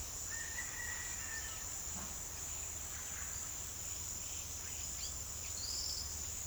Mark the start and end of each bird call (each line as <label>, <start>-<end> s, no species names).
bird call, 0.23-1.57 s
bird call, 4.89-6.08 s